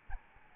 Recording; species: mosquito wingbeat signal from an infrared sensor; Aedes albopictus